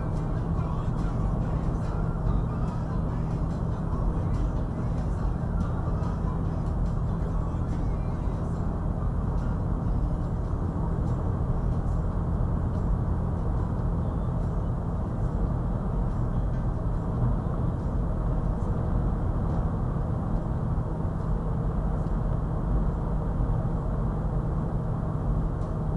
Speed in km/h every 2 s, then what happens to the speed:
92, 92, 92, 93, 93, 95, 95, 95, 93, 90, 90, 89, 89.
0-14 steady at about 93. 14-26 slows to 89.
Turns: none.